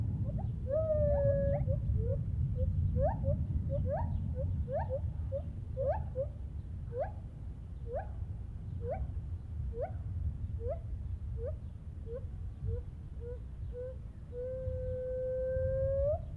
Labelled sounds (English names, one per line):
Lar Gibbon